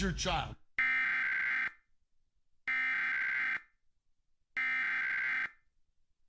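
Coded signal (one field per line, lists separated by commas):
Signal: Emergency Alert System (SAME) tones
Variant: header bursts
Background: speech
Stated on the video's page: Pennsylvania required monthly test tones relayed by television stations and recorded from a streaming TV DVR.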